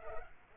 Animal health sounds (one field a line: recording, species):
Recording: mosquito wingbeat signal from an infrared sensor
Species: Culex pipiens